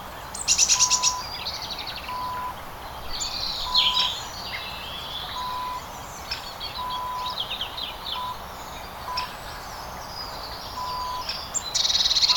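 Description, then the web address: Birds giving scattered high chirps and short twittering phrases at irregular intervals, with a faint repeated mid-pitched tone and steady background hiss. In the countryside in winter. "sevenleaf. Quiet Birds Country Winter"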